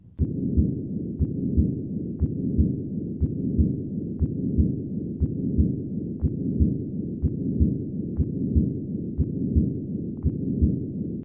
Recorded at the second left intercostal space. This continuous murmur, which peaks around the second heart sound and declines in diastole, is typical of patent ductus arteriosus. This machinery-like murmur is due to flow from the aorta through a fetal ductus arteriosus into the left pulmonary artery. Patent ductus arteriosus is fairly common, accounting for 10% of congenital heart disease.